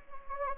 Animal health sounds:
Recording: mosquito wingbeat signal from an infrared sensor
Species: Anopheles gambiae

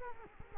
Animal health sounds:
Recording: mosquito wingbeat signal from an infrared sensor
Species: Culex quinquefasciatus

